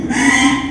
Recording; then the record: squeal of a Yucatan mini pig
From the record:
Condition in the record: after surgery on the right vocal fold (resection and tissue-engineered implant); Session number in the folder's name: 3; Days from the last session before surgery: 33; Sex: male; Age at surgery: 12 weeks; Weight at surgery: 13 kg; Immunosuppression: cyclosporine, prednisolone